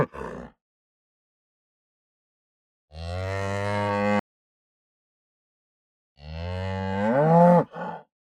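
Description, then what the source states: Cow mooing slowly, a short tail of one moo, then a steady low moo, then a longer moo rising in pitch, with silent gaps between. Aggressive, slow moo.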